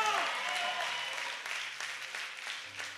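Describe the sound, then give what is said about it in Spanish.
An audience at a church sermon claps steadily for about three seconds at the preacher's call, a dense, even wash of many hands with no single claps standing out, while faint voices and cheers linger underneath. “Denle un aplauso.”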